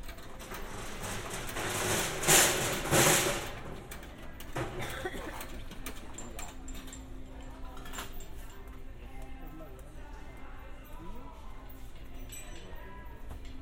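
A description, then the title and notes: Shopping in a hardware store, heard binaurally: a loud rustling, clattering burst around two to three seconds, then a steadier low hum underneath. Faint voices murmur through the rest, with scattered small clicks and knocks of handled items. A binaural field recording of shopping at a hardware store in New Rochelle.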